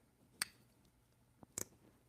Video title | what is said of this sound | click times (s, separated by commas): Late Knife - Talking Knives and EDC | has that nice click. | 0.4 s